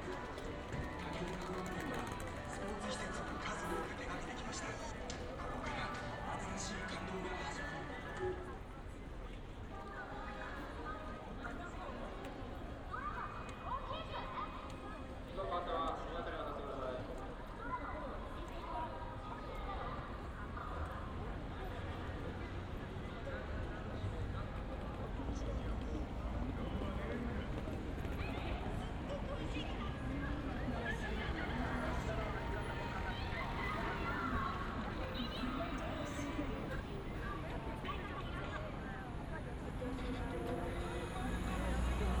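Walking through Shibuya in Tokyo, a continuous crowd of voices overlaps into a dense, steady babble with no pauses. A low traffic rumble runs underneath throughout, and occasional brighter clicks and footsteps poke through, with the loudness holding level for the whole stretch.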